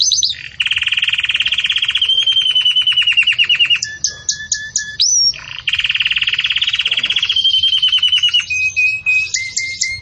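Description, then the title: Belgian canary song of long, rolling, bell-like trills at steady pitch, broken by brief pauses and sharp chirps, then resuming with further rapid trills. Belgian canary song in campainha style, used to train young canaries. "Canto Do Canário Belga Campainha Para Encarte De Filhotes"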